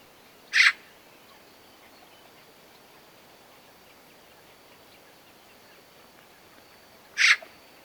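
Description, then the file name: Eurasian magpie calling with a single harsh, rasping chak, then silence for over six seconds before another identical note. "Pica pica"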